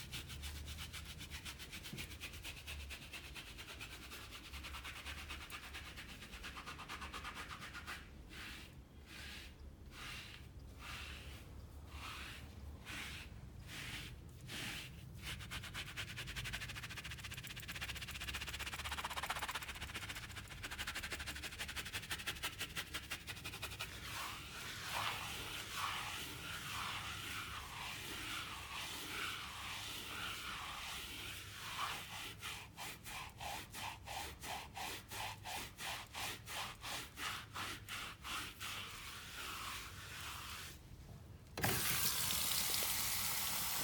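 Beard trimming and massage sounds: scratchy rubbing and brushing strokes run throughout, with quick regular bursts of rasping around 8–15 seconds and again from about 32 to 41 seconds. Near the end, a sudden loud steady hiss takes over.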